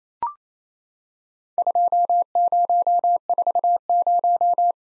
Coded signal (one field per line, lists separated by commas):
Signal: Morse code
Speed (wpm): 28 wpm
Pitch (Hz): 700 Hz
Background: none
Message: 2040